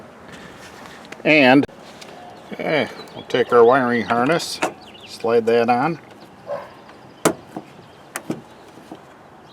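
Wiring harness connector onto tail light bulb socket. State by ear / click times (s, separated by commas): seated / 7.3 s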